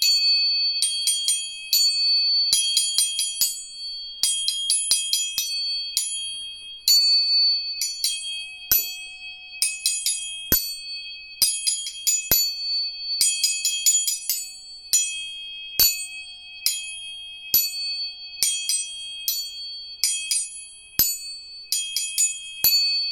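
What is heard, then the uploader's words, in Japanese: Tuning forks are struck over and over, and several high, pure ringing tones hang steadily underneath. Bright metallic taps arrive in quick clusters of a few strikes every second or two, clear against an otherwise quiet background. 音叉チューニング3本。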